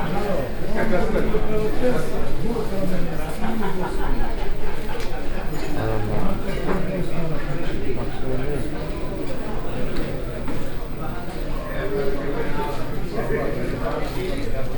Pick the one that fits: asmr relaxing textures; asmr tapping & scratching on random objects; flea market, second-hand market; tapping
flea market, second-hand market